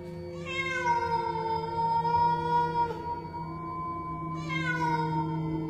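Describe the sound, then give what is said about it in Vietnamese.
A cat, head raised toward a crescent moon in a clearing night sky, lets out a long, drawn-out mournful yowl, sustained and wavering for several seconds, with two rising swells in pitch, steady and fairly loud with no talking. “Con mèo cứ thế ngửa cổ nhìn lên trăng, sau đó nó cất tiếng kêu ai oán.”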